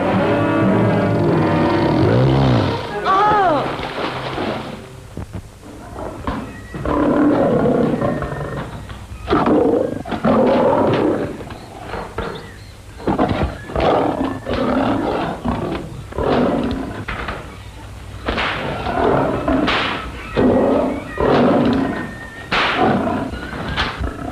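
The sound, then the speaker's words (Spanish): Lions roar repeatedly, deep rumbling bellows rising and falling in a long series of loud bursts, with thuds and growls between them and no talking. “No entiendo por qué quiere domar a los leones antes de enviarlos a América.”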